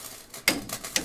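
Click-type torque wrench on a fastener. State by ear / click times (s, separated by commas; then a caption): torque reached / 0.5 s. A click-type torque wrench on a fastener is pulled until it breaks over at its set value, giving a sharp, bright click at 0.5 s. Softer ticks come at about 0.3 s and 0.7 s, and another sharp click follows at 1.0 s. The wrench has clicked at its torque setting.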